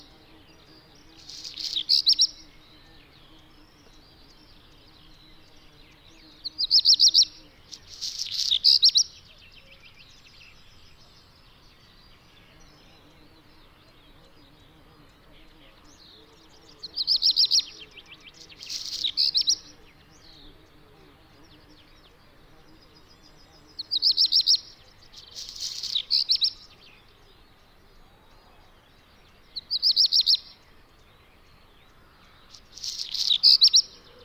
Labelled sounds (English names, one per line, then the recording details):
Black Redstart
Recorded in the wild
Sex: male
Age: adult
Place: Peenemuende, Usedom, Mecklenburg-Vorpommern, DE
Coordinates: 54.1525, 13.7776
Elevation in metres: 0
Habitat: grassland
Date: 2014-06-05 01:18
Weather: sunny, 15°C, weak wind
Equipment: Sound Devices 702, Sennheiser MKH 70, Rycote Windschutz
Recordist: Frommolt, Karl-Heinz